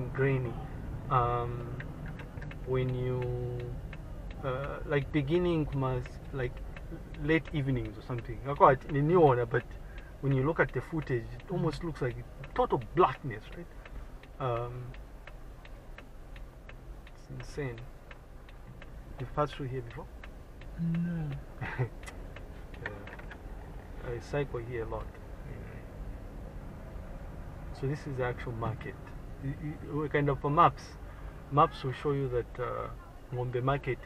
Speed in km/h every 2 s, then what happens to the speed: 16, 13, 10, 8, 6, 5, 4, 4, 4, 5, 6, 8, 8, 10, 10, 7, 5.
0-9 slows to 5. 9-17 steady at about 4. 17-26 speeds up to 10. 26-34 steady at about 7.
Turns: none.